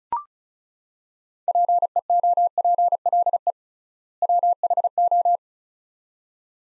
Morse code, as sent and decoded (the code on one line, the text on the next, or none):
.--. . --- .--. .-.. . / .-- .... ---
PEOPLE WHO